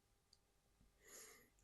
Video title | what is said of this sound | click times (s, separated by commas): Unlocking The Secret To Easy Jewelry Changes: The Labret Holding Tweezers You Need! | and apply pressure until it clicks into the lock position | 0.3 s